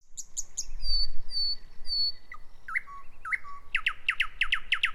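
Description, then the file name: Thrush nightingale song: high thin whistles and a few hooked notes, then a rapid run of sharp clicking notes over the last second. Vartiokylä, Helsinki, Finland; May 2009. "satakieli vartiokylassa"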